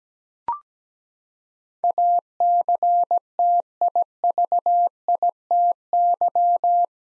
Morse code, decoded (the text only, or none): ACTIVITY